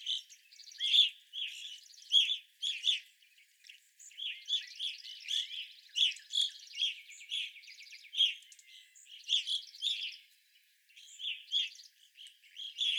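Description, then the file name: Evening grosbeaks calling almost continuously, strong ringing chirps in tight clusters from multiple birds, with fainter buzzy notes and chatter behind. Several evening grosbeaks calling, recorded 25 April 2021. "2021-04-25 Evening Grosbeaks"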